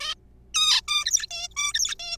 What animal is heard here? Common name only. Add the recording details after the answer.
Zebra Finch. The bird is a juvenile. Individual R3428